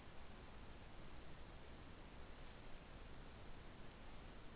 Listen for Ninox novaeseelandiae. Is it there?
no